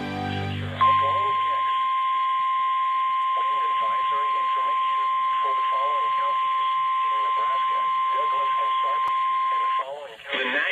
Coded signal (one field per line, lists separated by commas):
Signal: Emergency Alert System (SAME) tones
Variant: 1050 Hz attention tone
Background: speech, music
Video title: (EAS #92 - #100) FOR THE FIRST TIME IN FOREVER - EAS Alerts from 10/11/20 (Lincoln, NE)